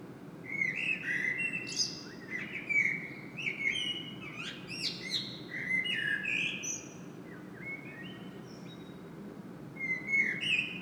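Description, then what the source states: Common blackbird singing, mellow whistled notes mixed with squeaky high twitters, phrase after phrase throughout, with low background rumble. Recorded in Saint-Gilles, Belgium, blackbird singing; made with a Sony PCM-M10 internal microphone.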